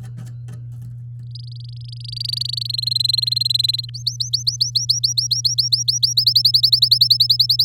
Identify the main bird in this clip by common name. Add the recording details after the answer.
Domestic Canary. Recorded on 8 May 2018 at 09:17. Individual llb16